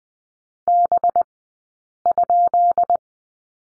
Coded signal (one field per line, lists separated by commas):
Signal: Morse code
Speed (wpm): 20 wpm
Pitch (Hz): 700 Hz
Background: none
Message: B?